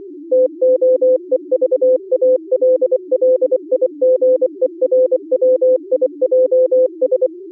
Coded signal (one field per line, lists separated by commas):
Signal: Morse code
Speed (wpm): 24 wpm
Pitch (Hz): 500 Hz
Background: music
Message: TOEVALLIGERWIJS